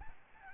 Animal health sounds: mosquito wingbeat signal from an infrared sensor; Aedes albopictus

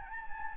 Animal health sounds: mosquito wingbeat signal from an infrared sensor; Anopheles gambiae

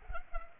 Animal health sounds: mosquito wingbeat signal from an infrared sensor; Culex pipiens

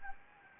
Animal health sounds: mosquito wingbeat signal from an infrared sensor; Anopheles gambiae

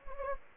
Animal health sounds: mosquito wingbeat signal from an infrared sensor; Anopheles gambiae

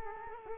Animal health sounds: mosquito wingbeat signal from an infrared sensor; Culex quinquefasciatus

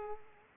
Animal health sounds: mosquito wingbeat signal from an infrared sensor; Aedes aegypti

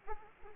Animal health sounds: mosquito wingbeat signal from an infrared sensor; Aedes aegypti

